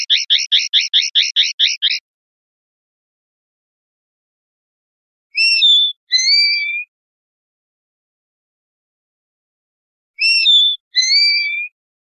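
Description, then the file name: European goldfinch song: a quick trill of repeated notes, then two pairs of short phrases mixing thin high notes with longer whistled tones, separated by silence. "suara burung chardonneret atau goldfinch eropa om kicau"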